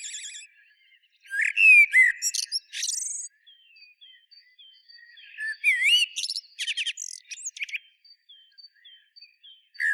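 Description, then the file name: Common blackbird song: mellow whistled phrases sliding around the lower register, each ending in a squeaky high twitter, two phrases with pauses and faint high notes between, and a third just beginning at the end. "Turdus merula"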